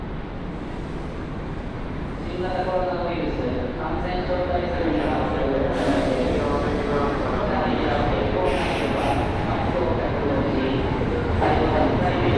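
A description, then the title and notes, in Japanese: On a railway journey, a steady low rumble runs throughout while voices speak, with brief sharper hisses around six and eight seconds. 鉄道旅 汐見橋→岸里玉出→なんば→大物。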